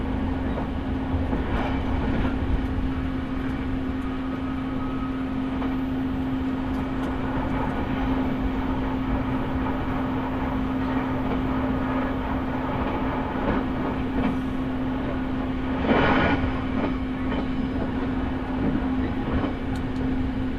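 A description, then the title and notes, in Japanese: A train rumbles along steadily, a constant low hum running beneath dense clattering, with a brief louder rush around sixteen seconds. 耳で楽しむ鉄道旅 日豊本線特急ソニック6号 柳ヶ浦→小倉。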